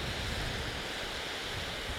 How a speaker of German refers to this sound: Wir haben hier auch ordentlich Wind. Vielleicht kommt der auch mit drauf. Egal. Ich habe eine tote Katze drüber gezogen.